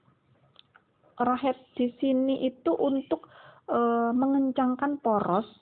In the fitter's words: Jadi ini bisa diputar sampai bunyi klik begitu atau tik begitu.